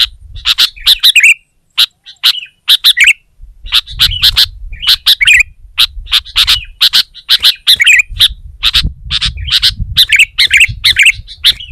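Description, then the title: Sooty-headed bulbul giving dense, lively chirps and short warbled phrases in repeated bursts, with a low background rumble. "kutilang"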